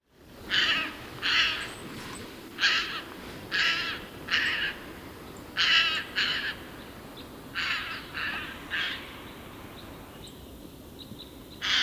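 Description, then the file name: Eurasian jay giving a series of short, hoarse screeches at irregular intervals, against a steady background hiss. "Garrulus glandarius"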